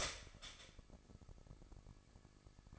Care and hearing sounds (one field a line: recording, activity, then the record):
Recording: daily activity, microphone in the room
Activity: start toaster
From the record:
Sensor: 5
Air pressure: 1007.2 hPa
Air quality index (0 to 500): 126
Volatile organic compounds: 1 ppm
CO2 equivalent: 960 ppm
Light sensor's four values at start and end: 25/57/23/23 and 25/57/23/23